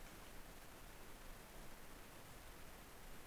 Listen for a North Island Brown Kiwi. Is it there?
no